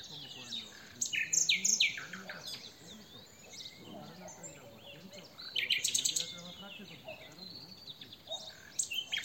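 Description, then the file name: Common nightingale song with loud, abrupt phrases of rapid buzzy and clicking notes, separated by pauses, over a faint background hiss. "Luscinia megarhynchos"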